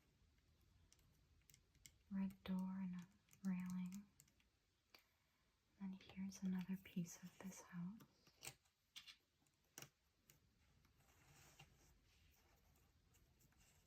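Someone talks softly while handling a cardboard jigsaw piece from the house section of a Halloween jigsaw puzzle, bringing it toward the assembled puzzle amid faint taps and light clicks. The piece has not seated or clicked into place yet.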